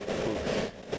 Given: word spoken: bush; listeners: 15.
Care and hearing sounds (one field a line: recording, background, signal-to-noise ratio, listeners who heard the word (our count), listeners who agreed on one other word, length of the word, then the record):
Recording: one English word in noise, from a listening test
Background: noise modulated by three-talker babble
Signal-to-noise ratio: -6.2 dB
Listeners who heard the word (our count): 2 of 15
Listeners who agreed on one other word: 7 of 15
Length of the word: 0.58 s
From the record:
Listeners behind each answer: 7, 3, 2, 1, 1, 1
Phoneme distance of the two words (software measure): 10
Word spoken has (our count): 1 syllable, 3 phonemes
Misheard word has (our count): 1 syllable, 3 phonemes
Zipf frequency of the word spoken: 4.29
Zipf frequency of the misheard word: 4.92